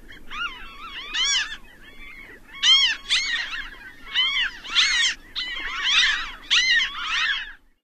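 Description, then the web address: Ring-billed gull giving harsh, mewing calls in bursts of arched, nasal cries, with a low steady rumble underneath. Recorded in North America. "Songs of Birds of North America Stokes. Ring-billed Gull"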